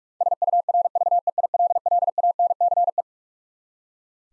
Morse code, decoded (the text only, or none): SURVEILLANCE